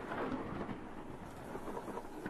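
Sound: thunder and heavy rain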